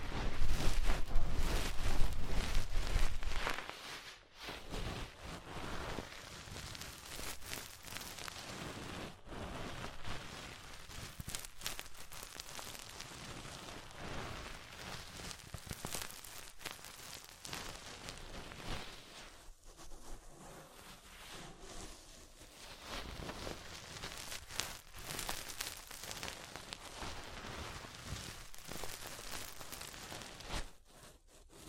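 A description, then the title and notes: An ASMR ear cleaning session, opening with a few seconds of louder low rumbling and thumping before dropping to a soft, steady layer of crackling and rustling. Dense, irregular scratchy clicks and brushing sounds continue throughout, with brief quieter gaps around twenty seconds. ASMR Deep Ear Cleaning Session.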